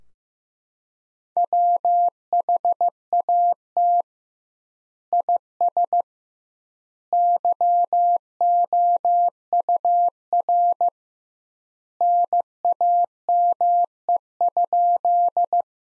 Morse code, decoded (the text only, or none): WHAT IS YOUR NAME?